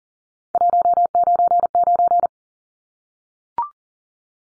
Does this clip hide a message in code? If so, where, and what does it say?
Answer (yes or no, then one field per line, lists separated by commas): yes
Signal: Morse code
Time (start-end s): 0.6-2.3 s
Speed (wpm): 40 wpm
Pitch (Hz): 700 Hz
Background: none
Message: 199